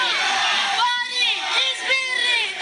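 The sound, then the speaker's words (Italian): A protest crowd shouting: many raised voices overlap in a loud, continuous roar, with individual high-pitched yells rising and falling across the whole stretch. “le urla della protesta che vi documentiamo”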